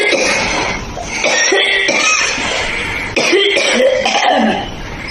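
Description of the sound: A few harsh, noisy adult cough bursts in a small room, with no speech.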